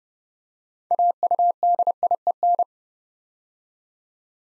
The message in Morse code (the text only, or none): AUDIEN